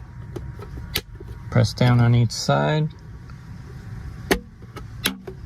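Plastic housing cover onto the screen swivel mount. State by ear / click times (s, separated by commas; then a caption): seated / 4.3 s, 5.1 s. Someone talks while pressing down on each side of a plastic housing cover fitted onto a Cybertruck screen swivel mount. Two sharp, loud snaps are heard at 4.3 s and 5.1 s, and the cover snaps into place.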